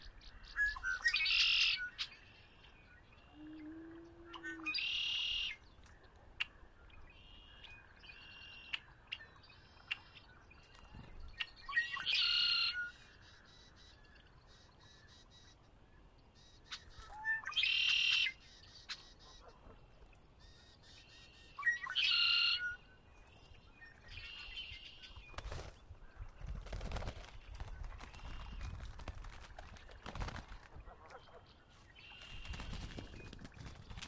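Birds sing at Conner's Lake on a chilly spring dawn, bright repeated phrases arriving every few seconds with quieter calls between them. A low, soft whistle sounds once near four seconds. In the last ten seconds, rustling and thumps break up the quiet.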